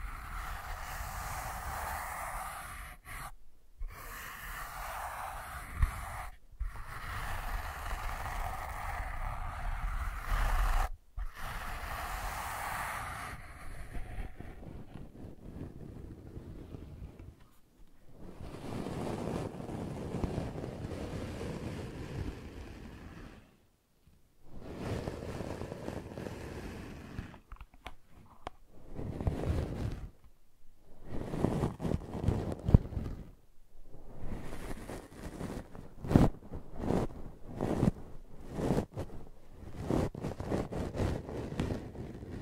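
Brushing and scratching strokes run in uneven bursts, broken by brief silences every few seconds. The first stretch sounds lighter and hissier; after about fourteen seconds the strokes turn rougher and lower, with a coarse, rushing rasp and quick stops.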